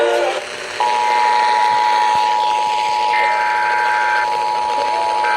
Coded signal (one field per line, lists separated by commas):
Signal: Emergency Alert System (SAME) tones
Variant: 853 and 960 Hz attention tone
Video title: EAS Compilation: Alert Inundation (6/21/21) (48 alerts)